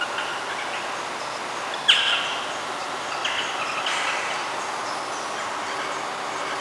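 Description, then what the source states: Bird chirps, a sudden bright note then several quieter calls, set against continuous rain noise. Birds calling during rain.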